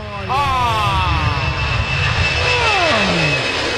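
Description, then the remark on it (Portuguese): An airplane passes overhead with a loud, steady engine roar, its whining tones sliding downward in pitch as it goes by, over a constant low rumble. “Passou mais um avião, hein?”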